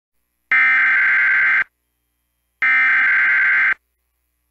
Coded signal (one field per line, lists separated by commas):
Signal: Emergency Alert System (SAME) tones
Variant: header bursts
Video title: EAS PDS Tornado Warning Murfreesboro, North Carolina +WeatherSTAR4000 (Hurricane Isaias) WROX-FM